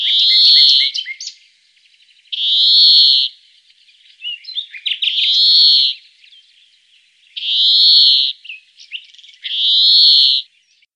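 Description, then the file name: Greenfinch song of nasal, buzzy wheezes repeated every two to three seconds, with twittering chirps and short trills between them. "greenfinch omkicau"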